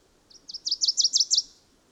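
Bird song: a run of seven bright, high chirps in quick succession, each note swelling slightly louder before the phrase fades away; little other sound.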